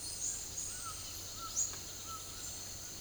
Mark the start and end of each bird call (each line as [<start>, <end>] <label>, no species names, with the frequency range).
[0.66, 2.36] bird call (0.7-1.9 kHz)